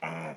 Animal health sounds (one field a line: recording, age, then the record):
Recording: pig call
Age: piglet (1 to 25 days)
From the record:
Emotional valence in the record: negative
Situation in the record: restrain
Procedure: in the arms of a person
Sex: male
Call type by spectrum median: low-frequency call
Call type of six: low-frequency stable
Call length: 0.36 s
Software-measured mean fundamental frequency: 78 Hz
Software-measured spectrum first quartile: 456 Hz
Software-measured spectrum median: 894 Hz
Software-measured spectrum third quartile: 1856 Hz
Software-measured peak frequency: 654 Hz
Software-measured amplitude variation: 77 dB a second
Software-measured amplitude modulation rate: 17.8 a second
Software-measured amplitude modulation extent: 4.3 dB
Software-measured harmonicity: 0.8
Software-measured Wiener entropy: -0.90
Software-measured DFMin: 1559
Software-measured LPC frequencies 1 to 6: 714, 2243, 5231, 5946, 6972, 9833 Hz